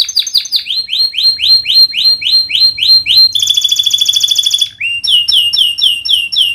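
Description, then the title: Canary song: a steady series of high upswept whistled notes, then a rapid buzzy trill, then more quick rising notes. Vigorous canary singer ('gacor') praised for the best 'cengkok' song phrasing and the most luxurious 'isian' fill-in notes; Indonesian songbird-keeping (kicaumania) context. "Kenari Gacor Cengkok Terbaik Isian Paling Mewah Kenarigacor Kicaumania Kenari"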